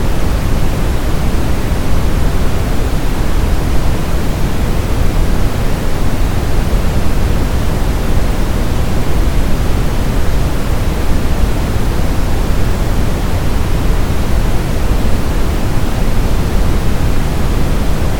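Brown noise hisses and rumbles at a perfectly steady level, weighted heavily toward deep low tones with a softer, dimmer top end throughout.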